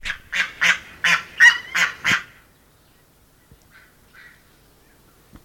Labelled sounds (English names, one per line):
Steller's Sea Eagle call